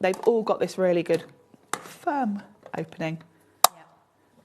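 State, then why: Seated. People talk, then the firm-opening lid of a deep plastic craft storage case is shut and its latch gives one loud, sharp click at 3.6 s. The lid clicks into place and is seated.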